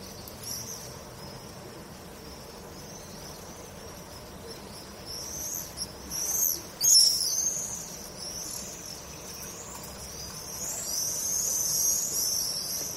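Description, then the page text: Swifts scream in shrill, high sweeping shrieks that come in loud bursts and then build to a dense chorus near the end. "Стрижи - Пение стрижей"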